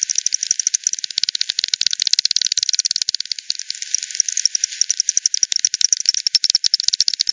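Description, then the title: Bat echolocation calls: a continuous stream of rapid, crisp clicks, overlapping and uneven as several pulse trains run together. Multiple bats at the Hogsmill River, Hogsmill Lane, 7 October 2020 at 18:10 UTC; recorded with frequency division by ten, band-pass filtered and resampled. "bat 20201007 T 18 : 10 Z-Hogsmill-Lane-Hogsmill-River-multiple-bats"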